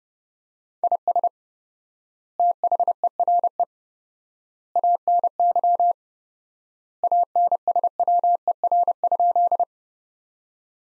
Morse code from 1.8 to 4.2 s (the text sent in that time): THERE